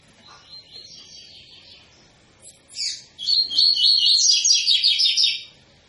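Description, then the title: Double-collared seedeater song starting with soft twittering, then a loud sustained run of fast buzzy repeated notes. Tui-tui style song of a bird with strong vigour, used as a teaching song for young birds. "COLEIRO TUI TUI FIBRA CANTO PROFESSOR"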